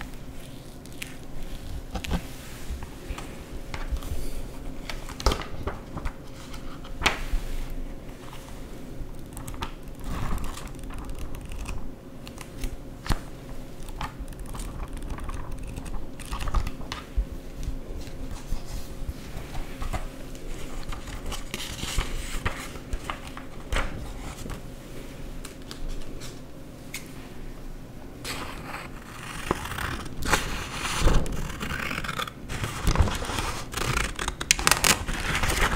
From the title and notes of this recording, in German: Scheren- und Schneidesounds. In dieser Folge zerschneide und zerreiße/knülle ich Papier.